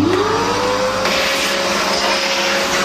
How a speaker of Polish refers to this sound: Albo wyrzucić je za okno, albo no odkurzacz z dobrym ciągiem na pewno sobie poradzi z tymi biedronkami. Są to jednak mimo wszystko dosyć małe owady. Odkurzaczem spróbujemy i zobaczymy, co dalej.